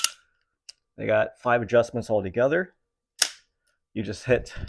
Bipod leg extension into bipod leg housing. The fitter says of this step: very easy lock into place nicely